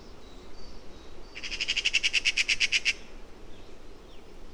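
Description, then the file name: Eurasian magpie giving a harsh, rapid rattling chatter of about a dozen dry notes lasting roughly one and a half seconds, over faint background hiss. "Pica pica"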